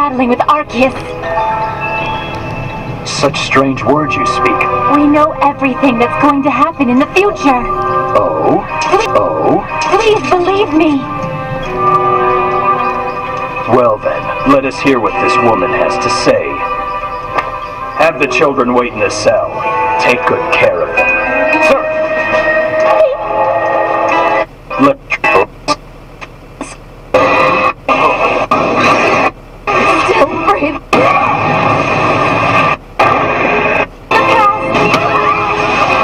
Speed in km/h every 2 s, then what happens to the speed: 24, 28, 30, 30, 28, 22, 19, 15, 13, 9, 1, 2, 4, 1, 1, 1, 0, 1.
0-7 steady at about 28. 7-19 slows to 1. 19-21 standing. 21-26 steady at about 2. 26-36 standing.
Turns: 12-16.